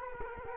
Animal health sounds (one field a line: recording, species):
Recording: mosquito wingbeat signal from an infrared sensor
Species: Culex quinquefasciatus